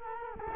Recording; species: mosquito wingbeat signal from an infrared sensor; Culex quinquefasciatus